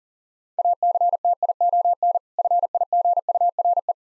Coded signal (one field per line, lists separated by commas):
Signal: Morse code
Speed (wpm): 37 wpm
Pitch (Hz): 700 Hz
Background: none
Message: ACTION FIGURE